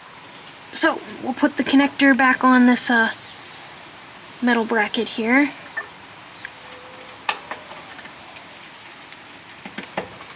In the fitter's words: felt snug. I didn't hear a click, but felt snug.